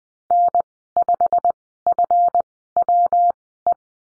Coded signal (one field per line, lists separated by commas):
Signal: Morse code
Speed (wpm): 20 wpm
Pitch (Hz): 700 Hz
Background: none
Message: N5FWE